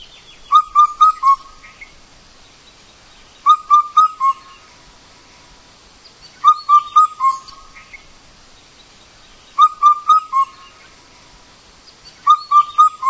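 Bird song: steady phrases of three or four clear whistled notes on one pitch, each phrase ending in a drawn-out note, repeated about every three seconds.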